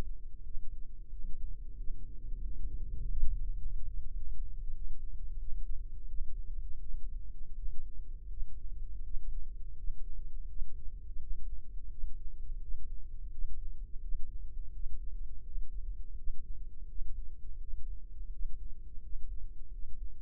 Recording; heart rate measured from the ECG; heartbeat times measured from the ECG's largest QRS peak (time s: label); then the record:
heart sounds by microphone in the left ear; 87 bpm
0.42 s: heartbeat
1.09 s: heartbeat
1.74 s: heartbeat
2.39 s: heartbeat
2.99 s: heartbeat
3.56 s: heartbeat
4.13 s: heartbeat
4.72 s: heartbeat
5.38 s: heartbeat
6.06 s: heartbeat
6.79 s: heartbeat
7.53 s: heartbeat
8.27 s: heartbeat
9.01 s: heartbeat
9.75 s: heartbeat
10.46 s: heartbeat
11.17 s: heartbeat
11.88 s: heartbeat
12.59 s: heartbeat
13.29 s: heartbeat
13.99 s: heartbeat
14.71 s: heartbeat
15.42 s: heartbeat
16.14 s: heartbeat
16.86 s: heartbeat
17.58 s: heartbeat
18.29 s: heartbeat
19.00 s: heartbeat
19.69 s: heartbeat
From the record:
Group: healthy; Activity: rest 0-1 s, breath hold 1-20 s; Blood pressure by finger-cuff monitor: 104/61 mmHg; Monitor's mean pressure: 74 mmHg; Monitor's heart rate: 84 bpm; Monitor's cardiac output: 6.5 L/min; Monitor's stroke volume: 76 mL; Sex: male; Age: 22 years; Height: 181 cm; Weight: 60 kg